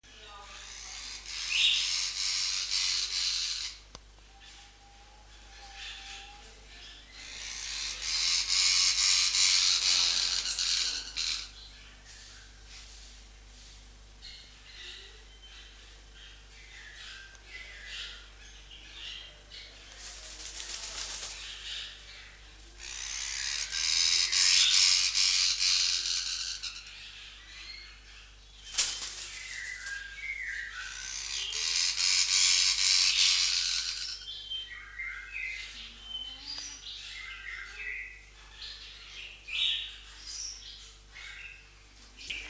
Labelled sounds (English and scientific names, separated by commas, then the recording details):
Fire-tufted Barbet (Psilopogon pyrolophus)
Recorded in captivity
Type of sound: call, wing sound
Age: adult
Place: Zoo Berlin, Berlin, DE
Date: 1998-12-22 14:41
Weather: 0°C, bedeckt
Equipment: Sony MD-WM MZ-R3, Sennheiser MKH 416 T, Kopie Uher 4000 Report Monitor
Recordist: Tembrock, Günter
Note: Lautfolgen mit Flügelbewegungen